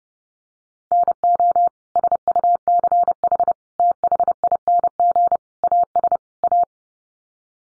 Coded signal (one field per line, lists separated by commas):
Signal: Morse code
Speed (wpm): 30 wpm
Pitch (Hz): 700 Hz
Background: none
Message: NO SUCH THING AS A